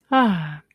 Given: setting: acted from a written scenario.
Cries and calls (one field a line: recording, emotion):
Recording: vocal sound without words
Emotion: contentment